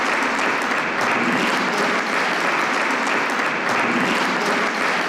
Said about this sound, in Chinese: 随后，卡梅纳市长向习近平赠送马德里城市金钥匙，全场响起热烈掌声。